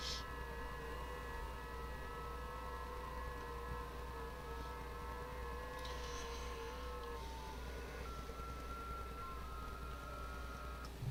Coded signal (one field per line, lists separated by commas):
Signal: FT8